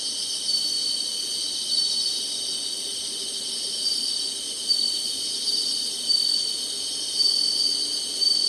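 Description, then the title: Insect chorus of steady, shrill, high buzzing trills, with several short thin whistles breaking through in the second half. Summer. "SINGING INSECTS SUMMER"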